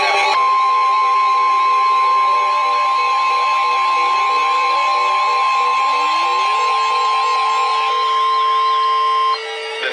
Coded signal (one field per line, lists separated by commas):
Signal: Emergency Alert System (SAME) tones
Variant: 1050 Hz attention tone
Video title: 3 Days of Severe Weather - An EAS Event (EAS #164-208)